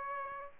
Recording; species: mosquito wingbeat signal from an infrared sensor; Aedes albopictus